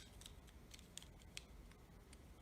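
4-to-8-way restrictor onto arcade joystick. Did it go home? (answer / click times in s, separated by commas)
no / none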